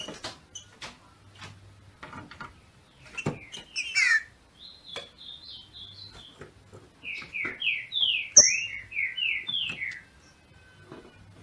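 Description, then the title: Green-winged saltator song: bursts of short, downslurred whistled notes in quick runs, with scattered sharp clicks and taps in between. Female singing in the male style to stimulate the male. "FÊ MEA DE TRINCA FERRO MACHEANDO PARA ESQUENTAR O MACHO"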